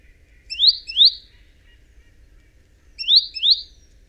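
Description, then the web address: Great tit calls: two pairs of sharp, high, upward-sweeping notes, each pair a quick double chirp, separated by a pause of about two seconds; otherwise quiet. "SETE data Parus major"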